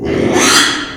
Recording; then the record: squeal of a Yucatan mini pig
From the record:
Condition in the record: after surgery on the right vocal fold (resection and tissue-engineered implant); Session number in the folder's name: 3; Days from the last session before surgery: 33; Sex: male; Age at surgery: 12 weeks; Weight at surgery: 13 kg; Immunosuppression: cyclosporine, prednisolone